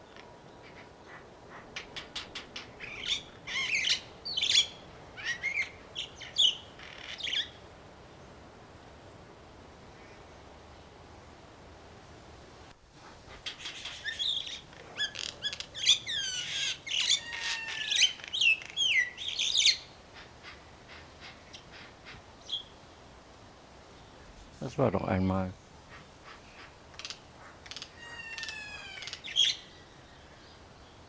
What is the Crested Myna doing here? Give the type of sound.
song